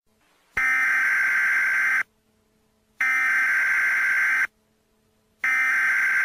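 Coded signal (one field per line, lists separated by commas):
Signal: Emergency Alert System (SAME) tones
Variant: header bursts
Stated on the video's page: Fictional mock EAS scenario.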